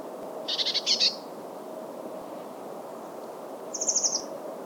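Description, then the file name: Eurasian blue tit giving brief scolding churrs, a double burst at the start and a higher rattling trill near the end, with steady background noise. "Cyanistes caeruleus"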